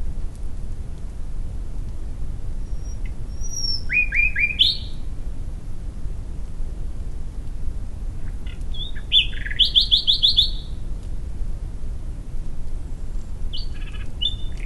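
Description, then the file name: Common nightingale song, two separate phrases, each opening with a pure whistle and then a fast series of repeated, sharp notes, then a brief third phrase at the end, with a low rumble throughout. "Luscinia megarhynchos"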